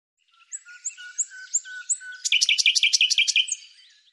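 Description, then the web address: Bird song: a series of thin whistled notes about three per second, then a loud, rapid trill of repeated notes that fades at the end. "Deverinetal 2025"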